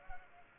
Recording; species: mosquito wingbeat signal from an infrared sensor; Culex pipiens